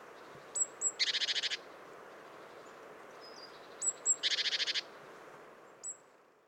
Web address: SETE data Parus major